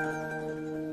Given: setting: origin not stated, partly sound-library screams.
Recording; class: one-second piece from a danger detection set; normal situation